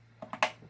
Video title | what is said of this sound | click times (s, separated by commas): How to build your own PC 101 | One, you get a click. | 0.4 s